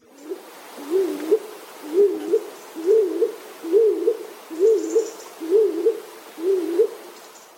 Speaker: Hohltaube klingt dumpfer und kürzer.